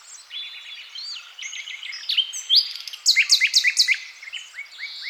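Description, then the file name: Common nightingale song with varied short notes leading into a loud series of rapidly repeated, emphatic notes, then softer phrases. "Luscinia megarhynchos"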